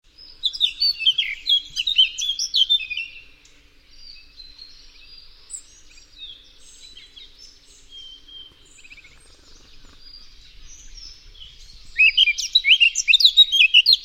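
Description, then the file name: Eurasian blackcap song, rapid scratchy warbling that fades into softer twittering, then a loud bright burst of fast notes returns near the end. "Sylvia atricapilla"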